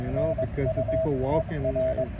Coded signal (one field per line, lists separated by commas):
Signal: Morse code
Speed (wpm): 21 wpm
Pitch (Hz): 650 Hz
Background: speech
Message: NU ER